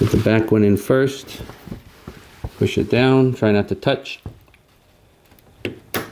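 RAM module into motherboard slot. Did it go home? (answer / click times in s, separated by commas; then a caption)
partly / 5.6 s, 5.9 s. Someone talks while pushing a RAM module down into its motherboard slot in a 2018 iMac Pro, back end first. Sharp clicks are heard at 5.7 s and 5.9 s as the first latch clicks, leaving the module only partly seated by the end of the clip.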